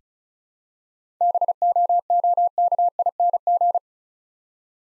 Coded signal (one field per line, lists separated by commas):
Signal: Morse code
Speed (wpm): 36 wpm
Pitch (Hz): 700 Hz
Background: none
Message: BOOKING